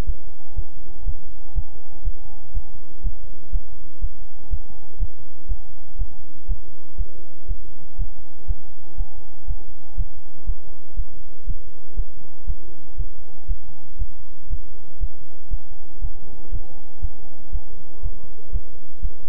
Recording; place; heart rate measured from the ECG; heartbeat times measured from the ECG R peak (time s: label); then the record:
heart sounds by stethoscope; between the tricuspid and mitral areas; 120 bpm
0.05 s: heartbeat
0.54 s: heartbeat
1.04 s: heartbeat
1.53 s: heartbeat
2.03 s: heartbeat
2.53 s: heartbeat
3.02 s: heartbeat
3.51 s: heartbeat
4.00 s: heartbeat
4.49 s: heartbeat
4.98 s: heartbeat
5.47 s: heartbeat
5.97 s: heartbeat
6.46 s: heartbeat
6.96 s: heartbeat
7.46 s: heartbeat
7.96 s: heartbeat
8.46 s: heartbeat
8.96 s: heartbeat
9.46 s: heartbeat
9.95 s: heartbeat
10.45 s: heartbeat
10.95 s: heartbeat
11.45 s: heartbeat
11.95 s: heartbeat
12.45 s: heartbeat
12.96 s: heartbeat
13.46 s: heartbeat
13.97 s: heartbeat
14.48 s: heartbeat
14.99 s: heartbeat
15.49 s: heartbeat
16.00 s: heartbeat
16.50 s: heartbeat
17.00 s: heartbeat
17.51 s: heartbeat
18.01 s: heartbeat
18.51 s: heartbeat
19.00 s: heartbeat
From the record:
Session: bicycle stress test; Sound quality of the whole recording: good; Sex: male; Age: 26 years